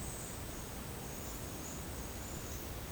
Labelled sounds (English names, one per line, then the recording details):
none
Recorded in secondary vegetation near Puerto Asís, Putumayo, Colombia, on 24 March 2025 at 11:00
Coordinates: 0.485, -76.322
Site G040